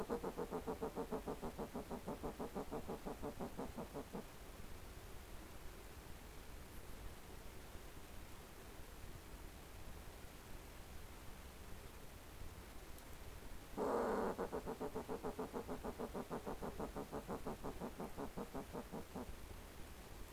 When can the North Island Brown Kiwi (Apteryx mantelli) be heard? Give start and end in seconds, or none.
none